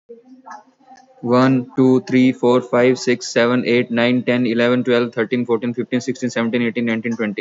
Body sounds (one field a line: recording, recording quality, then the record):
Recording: counting at a fast pace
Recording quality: excellent, no background noise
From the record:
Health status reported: COVID-19 positive, mild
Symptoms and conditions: cough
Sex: male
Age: 23 years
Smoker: yes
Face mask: not worn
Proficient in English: no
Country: India